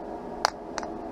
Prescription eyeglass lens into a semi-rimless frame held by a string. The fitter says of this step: it down there grab both sides slide it around and when you hear the snap it